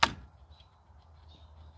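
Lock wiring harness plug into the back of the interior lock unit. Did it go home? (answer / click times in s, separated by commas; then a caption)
yes / 0.0 s. The wire harness from a fingerprint door lock on a back door is plugged into the keyed, one-way socket on the back of the lock's inside unit. It snaps into place with a sharp, bright click at 0.0 s. Only a faint low hum remains afterward, and the connector is seated.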